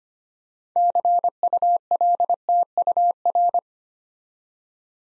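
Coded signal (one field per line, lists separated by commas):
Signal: Morse code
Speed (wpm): 25 wpm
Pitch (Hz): 700 Hz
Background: none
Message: CULTUR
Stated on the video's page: Morse practice set for beginners building 8-letter words three letters at a time at 25 wpm, aimed at instant character recognition.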